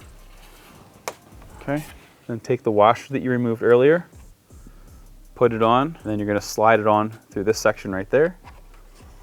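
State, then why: Not seated. Someone talks while a previously removed washer is put back on a mounting pin of a carbon fiber APR intake on a Porsche 992 911, and the pin is about to be slid through its section of the intake bracket. A brief sharp tick sounds at about 1.1 s, but nothing has seated or clicked into place yet.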